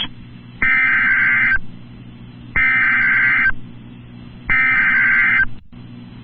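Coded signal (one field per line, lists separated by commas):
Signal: Emergency Alert System (SAME) tones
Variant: header bursts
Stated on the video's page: EAS Fire Warning for northern Logan County, Oklahoma, relayed by the Norman NWS office over NOAA Weather Radio station WXK85.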